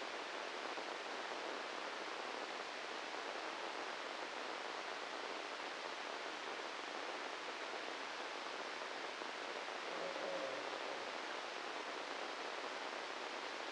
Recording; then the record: brain microelectrode recording played as sound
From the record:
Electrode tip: inside the subthalamic nucleus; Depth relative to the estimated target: -2 mm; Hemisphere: left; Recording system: NeuroSet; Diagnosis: Parkinson's disease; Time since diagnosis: 10 years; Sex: male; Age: 56 years